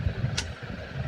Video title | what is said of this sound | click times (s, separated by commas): How to install slippery bath stand for babies#bath#babies#safety@viji2381 | lock ஆகிடும். | 0.4 s